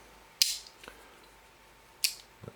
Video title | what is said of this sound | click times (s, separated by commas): Tanner Gun Show Custom collection knives. part 1 | you guys hear the snap. That's the half stop snap right there. | 0.4 s, 2.0 s